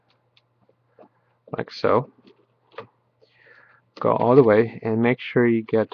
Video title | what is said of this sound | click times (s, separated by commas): HP Pavilion dv7-7010US Laptop Screen Replacement Procedure | try open the back you'll hear snapping sounds like | 0.4 s